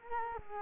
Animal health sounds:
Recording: mosquito wingbeat signal from an infrared sensor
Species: Culex quinquefasciatus

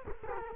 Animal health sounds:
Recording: mosquito wingbeat signal from an infrared sensor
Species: Culex quinquefasciatus

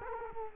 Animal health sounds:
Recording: mosquito wingbeat signal from an infrared sensor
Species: Culex quinquefasciatus

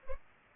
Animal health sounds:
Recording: mosquito wingbeat signal from an infrared sensor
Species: Culex pipiens

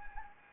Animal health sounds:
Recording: mosquito wingbeat signal from an infrared sensor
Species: Anopheles gambiae

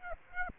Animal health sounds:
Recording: mosquito wingbeat signal from an infrared sensor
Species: Aedes aegypti

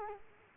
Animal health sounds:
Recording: mosquito wingbeat signal from an infrared sensor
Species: Culex quinquefasciatus

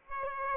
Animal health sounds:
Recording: mosquito wingbeat signal from an infrared sensor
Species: Aedes aegypti

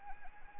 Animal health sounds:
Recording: mosquito wingbeat signal from an infrared sensor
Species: Anopheles arabiensis

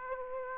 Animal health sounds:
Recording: mosquito wingbeat signal from an infrared sensor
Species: Aedes aegypti

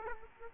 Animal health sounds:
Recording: mosquito wingbeat signal from an infrared sensor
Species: Aedes aegypti

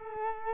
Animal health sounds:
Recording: mosquito wingbeat signal from an infrared sensor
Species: Culex quinquefasciatus

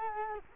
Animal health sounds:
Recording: mosquito wingbeat signal from an infrared sensor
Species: Culex quinquefasciatus

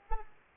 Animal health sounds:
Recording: mosquito wingbeat signal from an infrared sensor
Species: Culex pipiens

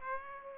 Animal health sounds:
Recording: mosquito wingbeat signal from an infrared sensor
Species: Aedes aegypti

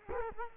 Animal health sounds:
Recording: mosquito wingbeat signal from an infrared sensor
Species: Culex quinquefasciatus

